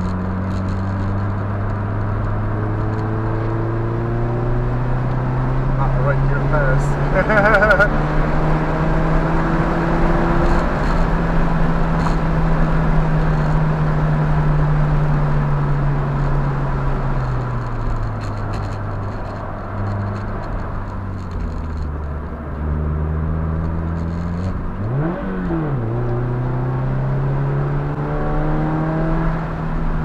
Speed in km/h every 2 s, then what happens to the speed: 72, 84, 93, 105, 116, 119, 108, 100, 79, 71, 50, 60, 68, 79, 87.
0-9 speeds up to 119. 9-20 brakes to 50. 20-27 speeds up to 87.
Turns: 19-23.